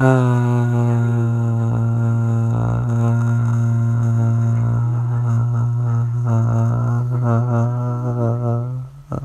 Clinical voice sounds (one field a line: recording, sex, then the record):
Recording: sustained vowel /a/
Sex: male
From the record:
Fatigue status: no fatigue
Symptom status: asymptomatic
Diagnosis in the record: COVID-19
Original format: m4a